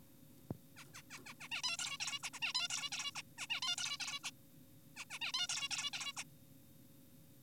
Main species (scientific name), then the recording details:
Taeniopygia guttata. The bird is an adult. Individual g4p5U